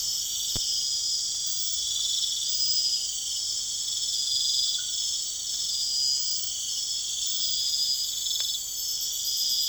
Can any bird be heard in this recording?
no